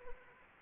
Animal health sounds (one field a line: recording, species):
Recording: mosquito wingbeat signal from an infrared sensor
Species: Anopheles arabiensis